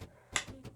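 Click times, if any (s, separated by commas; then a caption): 0.4 s. A tightening knob on a video light's mounting bracket is screwed down until it clicks at 0.4 seconds with a sharp, bright snap, followed by a fainter tick at about 0.7 seconds. The knob is confirmed tight, since the light is no longer wobbly.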